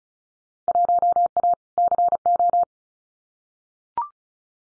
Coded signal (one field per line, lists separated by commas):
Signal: Morse code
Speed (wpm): 35 wpm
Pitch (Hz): 700 Hz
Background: none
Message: 1A CO